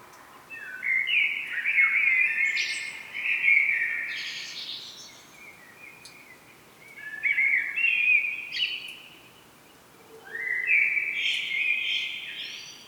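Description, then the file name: Common blackbird with three fluty warbled phrases, each climbing to a high, thin squeaky flourish, with brief pauses in between. "Turdus merula"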